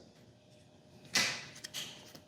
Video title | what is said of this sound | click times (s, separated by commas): Installing The New Joying 10.1" Android 10 Head Unit! Apple CarPlay and Android Auto | they just snap in place | 1.6 s